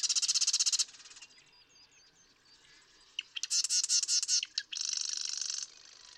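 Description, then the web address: Marsh Wren song: a harsh rattle, a stretch of soft squeaky notes, then a stuttered run of ticks merging into a second buzzy trill. "birdsongforthecurious Marsh Wren"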